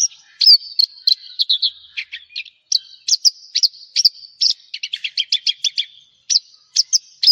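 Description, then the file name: Javan bush lark song of rapid high chirps and short sweeping notes, delivered in quick runs with brief gaps, a dense trill-like series near the middle. "suara burung branjangan jawa"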